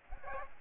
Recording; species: mosquito wingbeat signal from an infrared sensor; Aedes aegypti